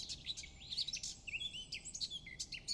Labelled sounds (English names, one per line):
Eurasian Blackcap